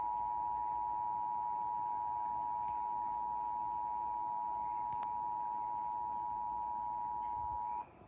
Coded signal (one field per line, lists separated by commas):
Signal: Emergency Alert System (SAME) tones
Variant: 853 and 960 Hz attention tone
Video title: Tornado Warning (EAS #7) 8/10/23